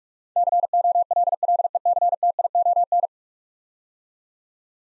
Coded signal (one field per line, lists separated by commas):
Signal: Morse code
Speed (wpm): 44 wpm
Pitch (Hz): 700 Hz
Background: none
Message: COLLECTION